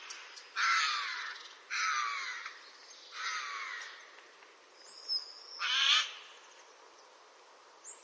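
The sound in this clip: Eurasian jay giving four drawn-out harsh screeches with pauses between them, and a faint high whistle.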